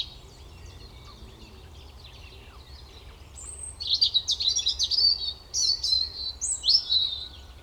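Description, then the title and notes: European robin: quiet opening, then a high thin whistle followed by a lively, rapidly pulsed stream of tinkling and trilled notes; low background hum throughout. Koniówka, Lesser Poland, Poland; Zoom F3 recorder with Usi Pro drop rig. "Koniówka, województwo małopolskie, Polska - Robin, King of the Petland. Recordist: Maciej Wirmański"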